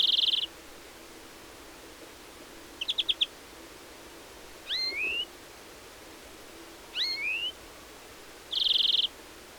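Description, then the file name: European greenfinch calls mixing a buzzy wheeze at start and end, a quick run of several chipping notes, and two rising whistled double slurs. "Chloris chloris"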